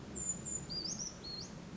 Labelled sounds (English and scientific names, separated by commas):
Brown Creeper (Certhia americana)